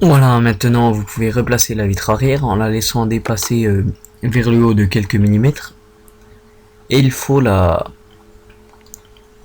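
Someone talks while the rear glass cover of an iPhone 4S is placed back onto the phone frame, left sticking up a few millimetres, then slid backward so it sits properly and engages. During the slide, one sharp click is heard at 8.9 s as the glass panel latches into place.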